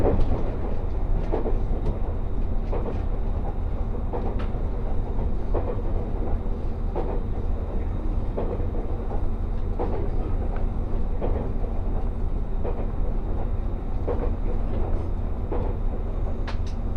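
A ride aboard the Resort Shirakami No. 4 on the Gonō Line, with a steady low rumble of the train running throughout. Regular rail clicks tap out roughly every second and a half, evenly spaced, over a dense, unchanging roar.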